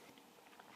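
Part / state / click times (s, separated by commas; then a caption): battery flex connector into phone logic board socket / seated / 0.6 s. A new battery's flex connector is pressed back onto its socket on an iPhone 4S logic board and checked to be properly clipped. Faint soft tapping and handling noise lead to a small click at 0.6 s as it seats. The connector is confirmed clipped in.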